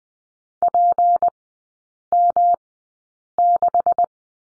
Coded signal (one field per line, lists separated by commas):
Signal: Morse code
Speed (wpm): 20 wpm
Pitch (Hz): 700 Hz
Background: none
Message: PM6